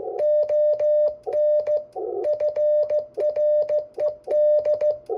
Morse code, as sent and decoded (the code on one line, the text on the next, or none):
--- -. / ..-. .-. . -..
ON FRED